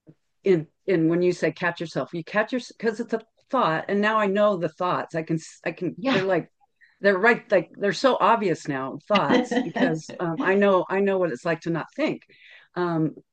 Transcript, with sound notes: in when you say catch yourself, you catch your... 'Cause it's a thought, and now I know the thoughts. I can s- I can-
Yeah.
They're like... They're right... Like, they're so obvious now-
(laughs)
... thoughts, because, um, I know, I know what it's like to not think.